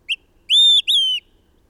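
Bird song: a short opening note, then two drawn-out clear whistles at high pitch, the second tapering lower, against a quiet background.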